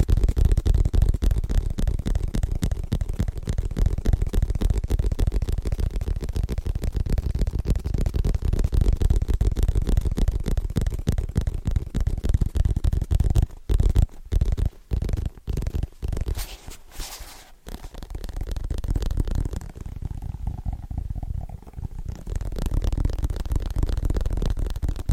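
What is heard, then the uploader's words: Fast, dense tapping runs nearly nonstop with a deep, thumpy low end, briefly breaking into sparser, spaced taps midway before resuming. ASMR Fast Tapping with New Tingly Triggers (No Talking).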